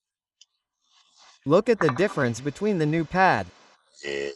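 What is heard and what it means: On an Audi A6 Allroad 2.5 TDI, the inner front brake pad's spring clip is pushed by hand into the brake caliper piston bore, giving a single sharp click at 0.4 s as it seats. Someone then talks.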